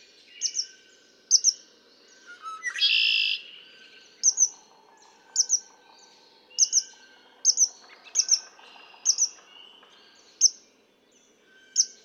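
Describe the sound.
Red-winged blackbird song: a burst of harsh buzzy trill early on, with steady paired high chirps around it.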